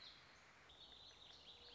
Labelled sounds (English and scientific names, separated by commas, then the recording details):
Warbling Vireo (Vireo gilvus)
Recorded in Sonoma County, California